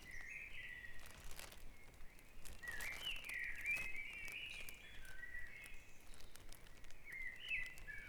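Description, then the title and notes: Birds singing in a dawn chorus, warbled whistled phrases around a mid-high pitch running almost continuously, with scattered clicks and a low background hum. Dawn chorus recorded on Back Dragon Avenue, Harrogate, as part of a sound map of Harrogate. "Dawn Chorus // Back Dragon Avenue, Harrogate. Part of the Sound Map Of Harrogate"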